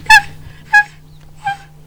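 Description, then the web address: Monkey calls: three short, high, squealing yelps about two thirds of a second apart, the last one softer, over a low steady hum. "E-MU Producer Series Vol 3 – Hollywood Sound Effects Water Monkeys MONKEY"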